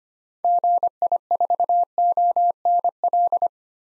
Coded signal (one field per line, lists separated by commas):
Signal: Morse code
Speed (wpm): 25 wpm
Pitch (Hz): 700 Hz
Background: none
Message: GI4ONL